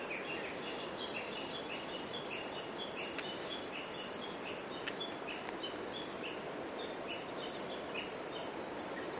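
Red-flanked bluetail calls: short, high, thin notes repeated roughly every second over a steady background hiss, with fainter lower chirps between them.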